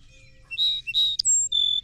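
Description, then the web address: Song Sparrow song opening: two buzzy notes, then a high sustained whistle and a lower steady tone. "songs 169 Song Sparrow"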